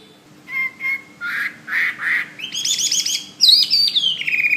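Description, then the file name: Hwamei giving a few plain whistles and harsh notes, then breaking into fast, warbling repeated phrases that climb high and slide back down. "omkicau hwamey"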